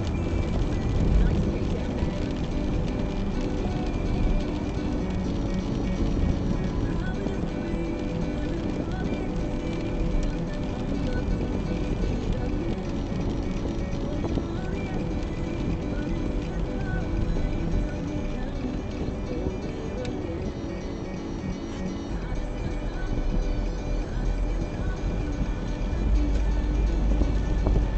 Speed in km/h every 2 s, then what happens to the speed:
59, 56, 52, 49, 46, 43, 40, 35, 23, 13, 9, 16, 27, 34.
0-19 slows to 9. 19-28 speeds up to 34.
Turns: 16-23.